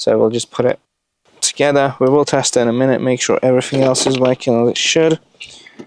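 A screen assembly part for a 2015–2020 Vauxhall Astra K is being fitted back into its dashboard mount during reassembly after a screen replacement. Someone talks throughout, with a brief sharp tick near the end. Nothing has seated or clicked yet; the part is still being handled before it clicks in on one side.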